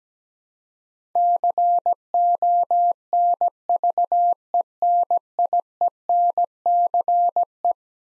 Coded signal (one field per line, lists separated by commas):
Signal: Morse code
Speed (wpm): 17 wpm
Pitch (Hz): 700 Hz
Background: none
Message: CONVENIENCE